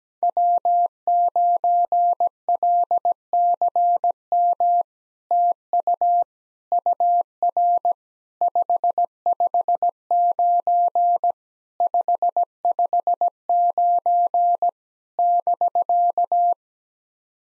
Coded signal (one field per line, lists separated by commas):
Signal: Morse code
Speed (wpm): 17 wpm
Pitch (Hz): 700 Hz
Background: none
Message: W9LCM TU UR 559 559 <BK>